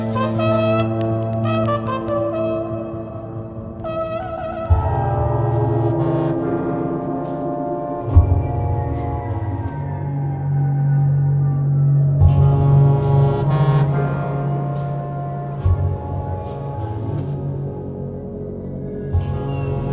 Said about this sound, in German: Auf dem Sund stöhnte unablässig ein Nebelhorn.